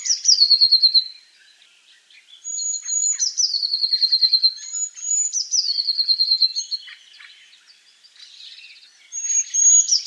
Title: Eurasian Blue Tit (Cyanistes caeruleus)